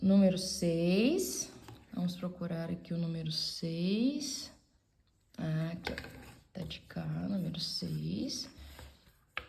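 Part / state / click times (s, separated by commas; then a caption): board game frame piece into adjacent frame piece / seated / 9.4 s. A plastic frame piece of the Catan board game is fitted into the neighbouring frame piece. Someone talks for most of the clip, then a single short, sharp click sounds at 9.4 s as the piece seats and fits neatly.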